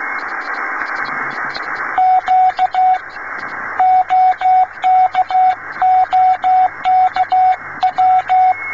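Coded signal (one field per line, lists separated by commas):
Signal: Morse code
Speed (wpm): 15 wpm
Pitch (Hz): 740 Hz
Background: radio noise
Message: Q OK OK W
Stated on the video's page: Morse contact recreating the 1923 Radio Malabar to Radio Kootwijk link, recorded about 27.5 km north of Radio Malabar.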